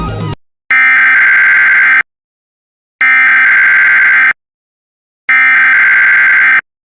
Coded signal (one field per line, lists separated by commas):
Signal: Emergency Alert System (SAME) tones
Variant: header bursts